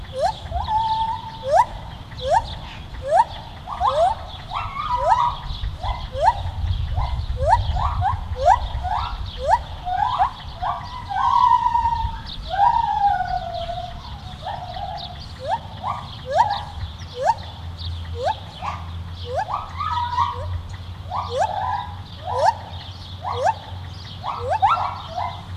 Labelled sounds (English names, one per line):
Lar Gibbon call